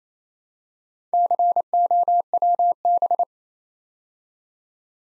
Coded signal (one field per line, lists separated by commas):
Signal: Morse code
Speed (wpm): 29 wpm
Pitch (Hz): 700 Hz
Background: none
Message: COWB